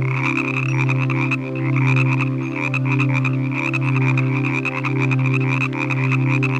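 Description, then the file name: Frog croaking, rough calls throbbing about once a second over a steady low droning tone. "Nature Collection - Croak Frog Calls"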